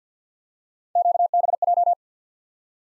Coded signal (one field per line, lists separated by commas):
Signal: Morse code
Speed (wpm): 50 wpm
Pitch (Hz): 700 Hz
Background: none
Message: QBJ